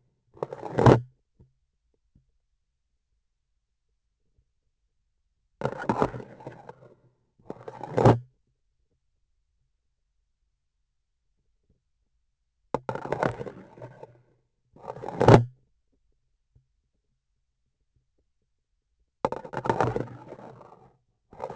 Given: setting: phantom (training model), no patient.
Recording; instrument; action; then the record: laparoscopic instrument, vibration sensor on the handle end; grasping forceps; insertion and removal through the trocar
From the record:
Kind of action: spatial motion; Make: other than Olympus